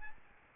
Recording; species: mosquito wingbeat signal from an infrared sensor; Aedes albopictus